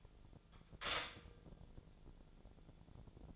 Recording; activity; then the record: daily activity, microphone in the room; stop toaster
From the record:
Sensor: 5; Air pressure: 1000.3 hPa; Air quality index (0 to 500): 127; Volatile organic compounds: 2 ppm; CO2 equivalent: 1006 ppm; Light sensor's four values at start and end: 83/195/83/90 and 83/195/83/90